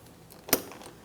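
A plastic door lock knob on a 2003–2007 Cadillac CTS rear door is slid down over the lock rod and pressed into place. It seats with a sharp click at 0.5 s, with a few faint ticks before and after.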